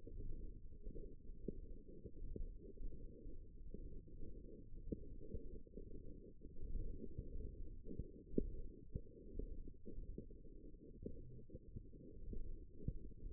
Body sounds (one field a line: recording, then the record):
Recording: forearm muscle sounds (acoustic myography)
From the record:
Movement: ulnar deviation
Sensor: system 1, eight BSWA MPA416 microphones around the upper forearm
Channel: 7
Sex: female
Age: 21 years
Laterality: right